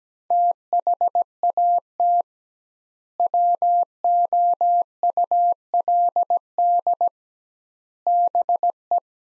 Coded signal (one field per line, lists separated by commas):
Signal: Morse code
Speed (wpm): 17 wpm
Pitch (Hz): 700 Hz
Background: none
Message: THAT WOULD BE